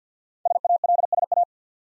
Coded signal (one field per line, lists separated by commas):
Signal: Morse code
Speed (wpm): 53 wpm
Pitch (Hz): 700 Hz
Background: none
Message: SALSA